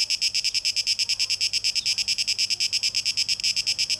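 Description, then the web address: Cicada song as a steady, harsh, high buzz broken into rapid even pulses, with nothing else clearly heard. Recorded 12 August 2023; tape echo mix. "rauschpartikel Audio 2023-08-12 Zikaden (Tape Echo Mix)"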